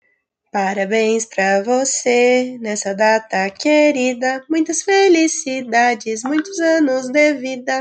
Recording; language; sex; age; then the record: short text; Brazilian Portuguese; female; 20 to 29 years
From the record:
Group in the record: control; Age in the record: 20 years